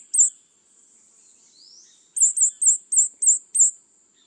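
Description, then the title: White-chinned sapphire: one high, sharp chip, a pause with a faint rising whistle, then a rapid run of six similar chips. Nominate subspecies, Hylocharis cyanus cyanus. "LuckyPassaro Completos2Sama. White-chinned Sapphire"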